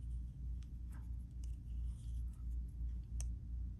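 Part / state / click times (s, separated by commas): screw post of a key organizer holding a stack of keys / torque reached / 3.2 s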